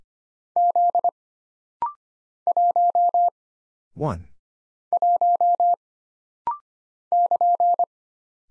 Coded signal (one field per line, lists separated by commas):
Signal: Morse code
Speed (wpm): 25 wpm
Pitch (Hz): 700 Hz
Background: none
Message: Z 1 1 <KN>